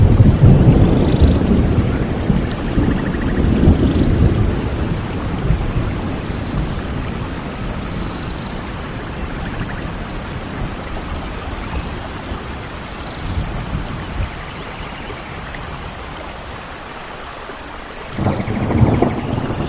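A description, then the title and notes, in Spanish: Rain falls steadily in a mountain park, a dense hiss with a heavy low rumble, strongest in the first few seconds as if thunder rolls off in the distance. The roar eases through the middle, then swells again with a deeper gust near eighteen seconds. Parque Nacional de Ordesa y Monte Perdido - Lluvia. Grabación de sonidos de lluvia.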